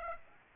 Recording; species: mosquito wingbeat signal from an infrared sensor; Aedes aegypti